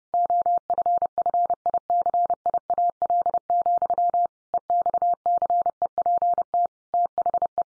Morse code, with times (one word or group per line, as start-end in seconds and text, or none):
0.1-4.3 OFFICIAL,
4.5-6.7 EXCEPT
6.9-7.6 THE